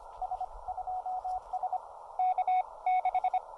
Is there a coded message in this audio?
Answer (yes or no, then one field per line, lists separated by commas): yes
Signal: Morse code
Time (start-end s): 0.2-3.4 s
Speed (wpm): 25 wpm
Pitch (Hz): 740 Hz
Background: radio noise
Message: S2S K6